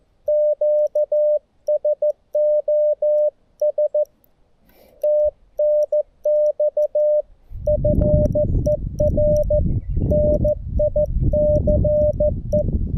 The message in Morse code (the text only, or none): QSOS TNX FER NICE